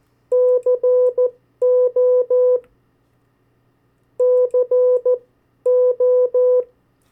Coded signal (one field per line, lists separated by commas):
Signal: Morse code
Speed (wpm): 14 wpm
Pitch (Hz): 500 Hz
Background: none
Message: CO CO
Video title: 50 State Abbreviations, Variable speeds, in CW Video #3